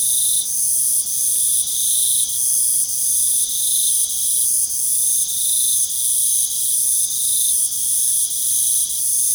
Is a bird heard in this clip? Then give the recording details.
no. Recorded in pastures near Puerto Asís, Putumayo, Colombia, on 25 June 2025 at 22:30. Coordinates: 0.497, -76.327. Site G040